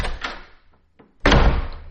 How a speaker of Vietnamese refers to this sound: Tiếng đóng cửa rầm một cái.